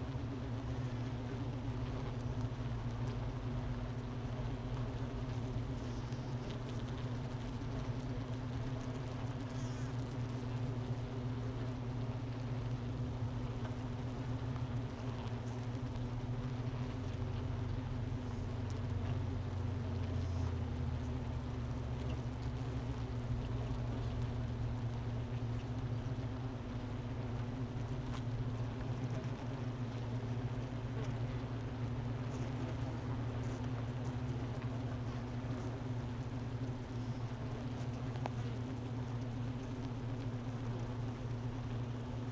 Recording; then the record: honeybee colony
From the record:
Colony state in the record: missing queen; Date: 31 May 2018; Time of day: 10:25